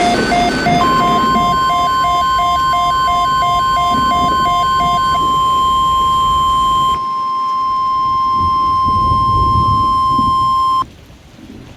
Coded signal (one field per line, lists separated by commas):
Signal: Emergency Alert System (SAME) tones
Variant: 1050 Hz attention tone